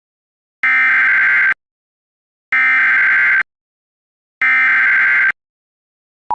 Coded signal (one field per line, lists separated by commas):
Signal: Emergency Alert System (SAME) tones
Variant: header bursts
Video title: EAS Scenario 12: EAS Malfunction (10 Subscriber Special)